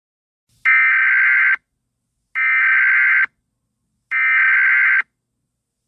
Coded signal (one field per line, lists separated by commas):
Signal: Emergency Alert System (SAME) tones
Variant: header bursts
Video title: EAS Scenario: The Halloween Masscure!!